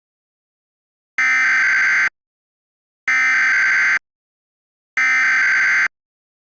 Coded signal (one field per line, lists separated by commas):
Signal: Emergency Alert System (SAME) tones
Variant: header bursts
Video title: Hanazuki: Full Of Treasures EAS Scenario - Part 4